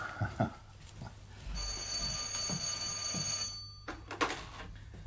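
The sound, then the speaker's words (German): A telephone bell rings steadily for about two seconds, a bright metallic trill with sharp high tones, then cuts off; soft rustling and muffled knocks surround it, and no one speaks. “Ja, wusste ich doch, wer um diese Zeit klingelt.”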